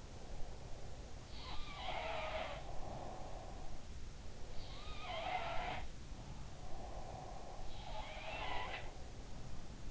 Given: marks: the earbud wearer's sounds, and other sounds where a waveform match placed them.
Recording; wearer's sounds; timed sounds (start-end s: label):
sounds in sleep by an in-ear microphone; breath
0.00-1.36 s: breath
1.35-3.76 s: sound from someone else or the room
2.53-3.99 s: breath
4.67-9.84 s: sound from someone else or the room
6.52-9.08 s: breath